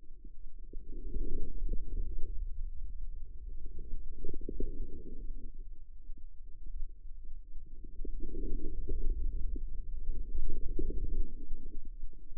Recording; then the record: forearm muscle sounds (acoustic myography)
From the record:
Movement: inward rotation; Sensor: system 2, bracelet of six BSWA MPA416 microphones around the upper forearm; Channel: 6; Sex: female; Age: 25 years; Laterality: right